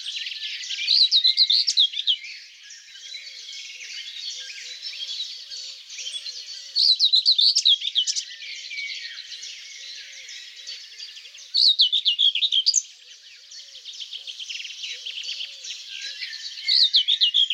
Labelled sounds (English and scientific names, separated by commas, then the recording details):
Common Whitethroat (Sylvia communis) song
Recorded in the wild
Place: Flögelner See, Schleswig-Holstein, DE
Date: 2007-06-06
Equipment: MiniDisc Sharp MT 20 H
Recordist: Schwarz, Dieter